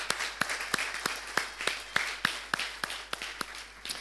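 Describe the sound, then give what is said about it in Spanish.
Audience applause at a wedding ceremony: sharp, evenly spaced claps ring out over a softer wash of clapping, keeping a steady rhythm for about four seconds at a moderate level, with no one talking. “Muy bien, vamos a darle también un aplauso a ella.”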